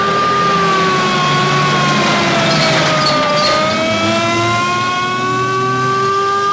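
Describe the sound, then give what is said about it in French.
A fire engine siren wails loudly and steadily, its pitch sliding down to a low point midway before climbing again, with a low engine rumble underneath and no voices. “Moi, je suis toujours assez investie avec un camion de pompiers.”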